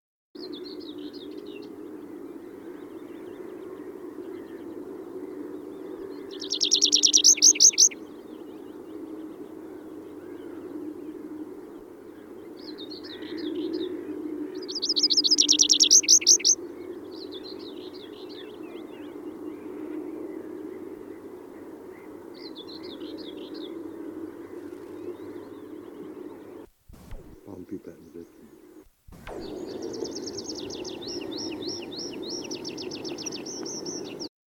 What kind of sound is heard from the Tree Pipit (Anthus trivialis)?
song